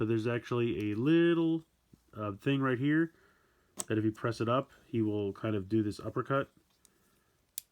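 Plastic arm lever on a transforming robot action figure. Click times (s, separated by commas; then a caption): 7.6 s. Someone talks while pushing up a small plastic lever on the arm of a transforming robot action figure to set up its uppercut action. After a pause, a faint tick sounds at 6.9 s, then a sharp click at 7.6 s as the arm locks into position.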